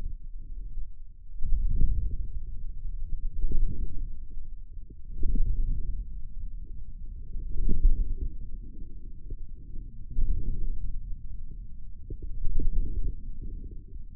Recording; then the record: forearm muscle sounds (acoustic myography)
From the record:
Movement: wrist flexion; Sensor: system 2, bracelet of six BSWA MPA416 microphones around the upper forearm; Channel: 6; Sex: male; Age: 22 years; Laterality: right